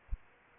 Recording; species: mosquito wingbeat signal from an infrared sensor; Aedes aegypti